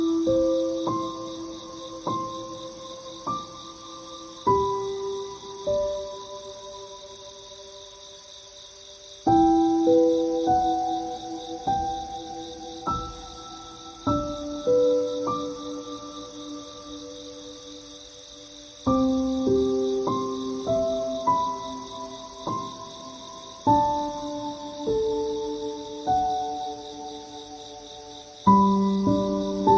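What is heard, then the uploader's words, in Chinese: Insects chirr steadily on a summer night, a thin, constant high hiss running through the whole clip. Over it, soft struck notes ring out one by one and fade, forming a slow, gentle melody, with fuller chords landing around 9, 19 and 29 seconds. 夏夜虫鸣。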